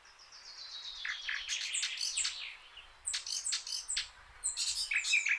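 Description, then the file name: Eurasian blackcap song in bursts: fast scratchy warbling phrases separated by short gaps. "Sylvia atricapilla"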